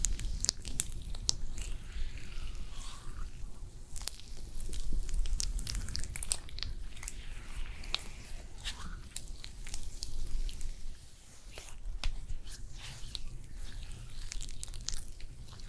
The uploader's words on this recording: ASMR First Person Realistic SPA Facial Layered Sounds, Personal Attention (No talking).